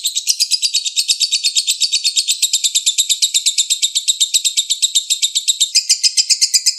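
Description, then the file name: Lovebird long trill: a high, harsh, buzzy chatter of fast repeated notes running without a break for the whole stretch, shifting slightly near the end. Long trill, a song style locally called ngekek panjang. "ngekek panjang lovebird kusumo"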